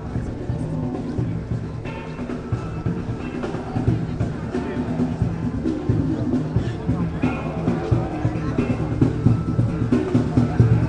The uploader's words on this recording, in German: In dieser Folge habe ich mich in den Weihnachtstrubel der Kölner Innenstadt begeben, um für euch Impressionen zu sammeln. Vom Wallraf-Platz über die Hohe Straße zum Weihnachtsmarkt "Am Alter Markt" und über die Schildergasse. Klingt die Kölner City im Dezember, 3 Wochen vor Weihnachten.